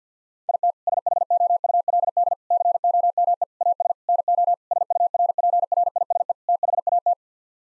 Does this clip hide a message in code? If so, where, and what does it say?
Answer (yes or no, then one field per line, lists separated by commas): yes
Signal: Morse code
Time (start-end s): 0.5-7.1 s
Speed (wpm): 50 wpm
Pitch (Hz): 700 Hz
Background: none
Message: IT SHOULD COME AS NO SURPRISE THAT